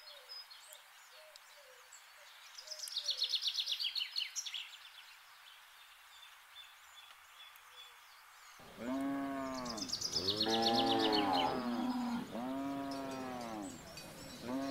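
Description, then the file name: Cow moos: several deep, drawn-out lowing calls in the second half, after a stretch of only bird chirping, with birds still twittering. More than one cow. "Cows mooing"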